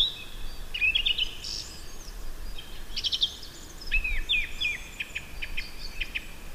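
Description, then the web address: Song thrush song: short bright whistled and chirping phrases, with one sharp note repeated several times in quick succession, over soft background hiss. "ljud Turdus philomelos"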